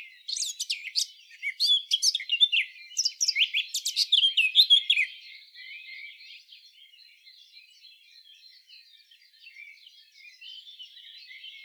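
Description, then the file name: Eurasian blackcap delivering a fast, jumbled warble of sharp high notes and trills for about five seconds, then only soft background sound. "Sylvia atricapilla"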